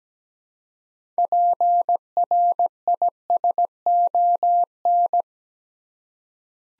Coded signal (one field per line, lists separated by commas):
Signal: Morse code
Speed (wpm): 17 wpm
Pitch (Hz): 700 Hz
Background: none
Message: PRISON